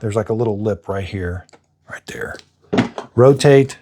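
A dirty water tank is being fitted onto a Shark Carpet Xpert Hair Pro StainStriker carpet cleaner (EX301), set in bottom first under a lip and then rotated toward its plastic latch. Someone talks throughout, with quiet pauses between phrases. The tank has not seated or clicked into place yet.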